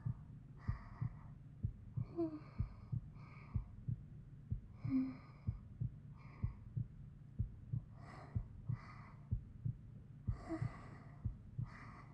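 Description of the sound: Soft, steady low thumps of a heartbeat repeat at about 62 beats a minute in a regular rhythm. Quiet voice-like sounds drift in and out over the beat, with a faint steady hum underneath.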